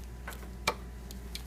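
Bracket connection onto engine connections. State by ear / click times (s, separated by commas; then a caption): partly seated / 0.7 s. A bracket connector is pushed onto the engine connections of a Mercedes W163 ML500/ML350 during a water pump, thermostat, tensioner and idler pulley job on the M112/M113 engine. A weak snap sounds at 0.7 s among faint ticks around 0.3, 1.1 and 1.4 s. It only partly snaps, but the connector is on.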